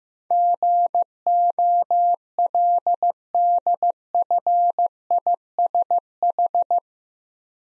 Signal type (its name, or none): Morse code